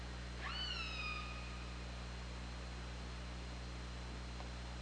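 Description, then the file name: Killer whale single call near the start, swooping upward then holding a level harmonic tone for about a second, followed by quiet underwater hum. Recorded on the OrcaLab hydrophone, 24 August 2017 at 21:34. "Orca Lab UTLN JASON 20170824 213442"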